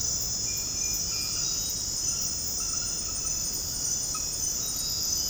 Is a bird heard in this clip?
no